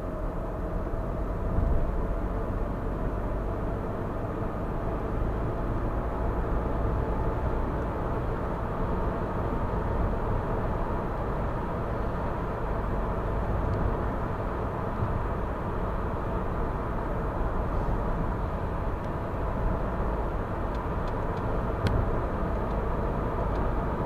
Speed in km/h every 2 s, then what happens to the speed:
59, 69, 76, 84, 87, 89, 91, 91, 91, 90, 90, 92.
0-7 speeds up to 87. 7-24 steady at about 90.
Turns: none.